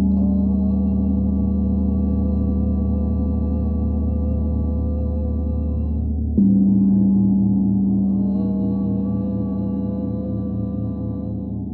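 A gong hums with a deep, sustained drone, its low tones throbbing in a slow, steady pulse. Around six seconds it is struck again, swelling a little louder before the ringing slowly fades toward the end.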